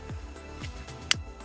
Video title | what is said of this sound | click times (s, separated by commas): FORD FIESTA REAR WINDOW SWITCH REPLACEMENT REMOVAL MK7 2008-2017 | Okay, you just push it in until it clicks in place. | 1.1 s